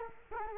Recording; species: mosquito wingbeat signal from an infrared sensor; Culex quinquefasciatus